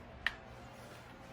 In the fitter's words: and you'll hear a click or feel a click.